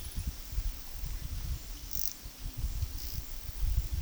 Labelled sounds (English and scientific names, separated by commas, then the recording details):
none
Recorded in pastures near Puerto Asís, Putumayo, Colombia, on 20 February 2024 at 13:30
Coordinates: 0.468, -76.328
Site G6414